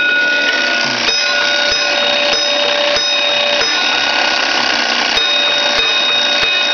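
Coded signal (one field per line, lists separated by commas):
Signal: coded fire alarm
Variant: Gamewell box, bell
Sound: loud sustained bell ringing with repeated strikes in small spaced groups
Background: small room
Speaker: you know pull the lever down and it would start over again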